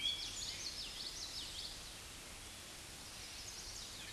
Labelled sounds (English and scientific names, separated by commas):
Common Yellowthroat (Geothlypis trichas) song